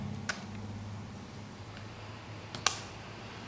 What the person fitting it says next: it's a very small almost unnoticeable click